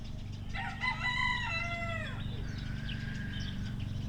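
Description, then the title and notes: Chicken: rooster crow, rough and harmonic, rising briefly then sliding downward before cutting off, with constant machine rumble and chirping songbirds behind. Recorded Saturday 18 May 2019 in Siemianowice Śląskie, Poland; chickens with lawn mowing, compact excavator digging and birds twittering; Zoom H5 with Audio-Technica BP4025. "Poranna 1, 41-103 Siemianowice Śląskie, Polska - Kury, kosiarka i koparka. Sobota, 18 maja 2019. Kury, ktoś kosi trawnik, ktoś kopie koparką, ktoś spaceruje. Ptaki świergoczą. Zarejestrowano w ramach projektu Nagrania terenowe Siemianowic Śląskich - Dźwiękowy Portret Miasta"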